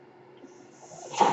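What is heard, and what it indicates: Faint steady mechanical hum, then a rising airy hiss as a home ventilator pushes air.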